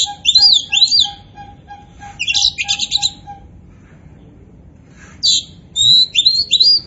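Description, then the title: Oriental magpie-robin song of swooping whistles and harsh buzzy bursts, with a steady series of soft repeated low beeps in the first half. Singing strongly (gacor). "Kacer Poci"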